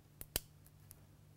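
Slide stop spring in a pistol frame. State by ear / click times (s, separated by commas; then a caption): seated / 0.4 s. While the parts of a pistol frame are trued up after the trigger pin is tapped in, the steel slide stop spring snaps into place with a sharp, bright click at 0.4 s once the pin and notches line up. Fainter ticks come at about 0.2 s, 0.7 s and 0.9 s. The spring is seated.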